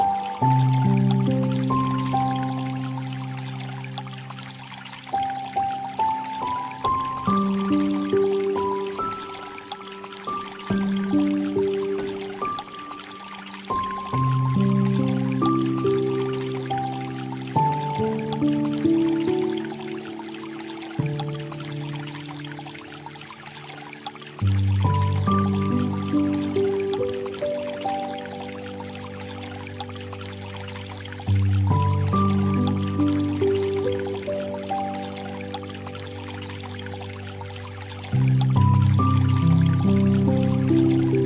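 Soft, light music of sustained chords, the harmony shifting every few seconds with a gentle swell at each change, rests on a steady hiss of flowing water. The water stays constant and even, sitting behind the warm, low-to-middle tones.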